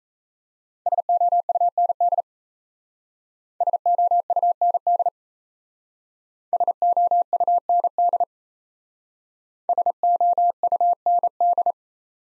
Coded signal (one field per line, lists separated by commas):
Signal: Morse code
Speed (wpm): 34 wpm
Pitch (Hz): 700 Hz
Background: none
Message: SOUND SOUND SOUND SOUND